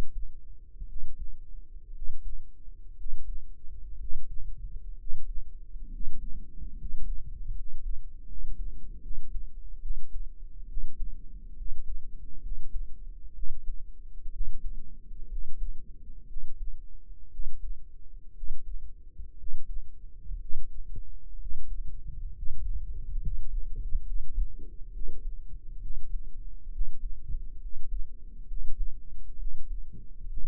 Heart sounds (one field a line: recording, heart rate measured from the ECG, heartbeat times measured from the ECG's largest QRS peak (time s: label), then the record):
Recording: heart sounds by microphone in the right ear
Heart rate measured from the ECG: 65 bpm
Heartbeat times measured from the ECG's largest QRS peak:
0.85 s: heartbeat
1.91 s: heartbeat
2.94 s: heartbeat
3.97 s: heartbeat
4.95 s: heartbeat
5.89 s: heartbeat
6.75 s: heartbeat
7.52 s: heartbeat
8.25 s: heartbeat
8.99 s: heartbeat
9.79 s: heartbeat
10.66 s: heartbeat
11.54 s: heartbeat
12.39 s: heartbeat
13.32 s: heartbeat
14.29 s: heartbeat
15.27 s: heartbeat
16.25 s: heartbeat
17.29 s: heartbeat
18.32 s: heartbeat
19.36 s: heartbeat
20.37 s: heartbeat
21.37 s: heartbeat
22.32 s: heartbeat
23.20 s: heartbeat
24.03 s: heartbeat
24.91 s: heartbeat
25.79 s: heartbeat
26.69 s: heartbeat
27.59 s: heartbeat
28.45 s: heartbeat
29.36 s: heartbeat
30.26 s: heartbeat
From the record:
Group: healthy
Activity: rest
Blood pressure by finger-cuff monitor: 131/78 mmHg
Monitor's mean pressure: 94 mmHg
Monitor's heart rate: 65 bpm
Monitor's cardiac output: 6.9 L/min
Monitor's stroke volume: 110 mL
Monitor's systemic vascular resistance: 970 dyn s/cm5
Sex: male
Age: 23 years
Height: 178 cm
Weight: 96.6 kg